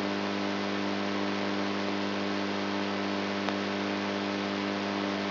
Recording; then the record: brain microelectrode recording played as sound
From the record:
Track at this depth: inside the subthalamic nucleus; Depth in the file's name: 3.32 mm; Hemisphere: right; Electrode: 3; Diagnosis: Parkinson's disease